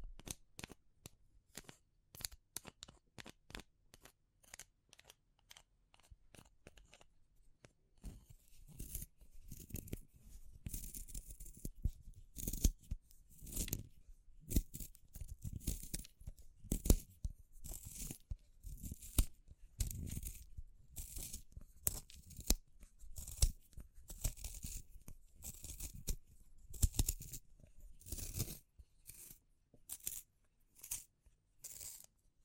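Wood, bamboo and straw being handled: a dense run of short, crisp taps, scrapes and rustles. The sounds are sparse and clicky for the first several seconds, then grow fuller and busier after about eight seconds, with sharp, bright snaps scattered throughout.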